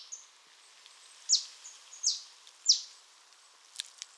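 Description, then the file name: Marsh tit calls: three sharp, high, downward-slurred notes, with fainter short notes around them and a couple of soft clicks at the end. "Poecile palustris"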